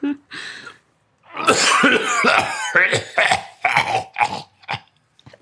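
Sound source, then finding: Adult woman imitating a man's cough. Cough.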